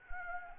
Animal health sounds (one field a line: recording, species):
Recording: mosquito wingbeat signal from an infrared sensor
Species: Anopheles arabiensis